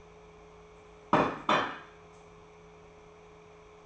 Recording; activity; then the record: daily activity, microphone in the room; place plate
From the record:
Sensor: 1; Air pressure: 1015.1 hPa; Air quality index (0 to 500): 200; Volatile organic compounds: 25 ppm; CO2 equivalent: 2833 ppm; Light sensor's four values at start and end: 28/70/30/36 and 29/70/30/36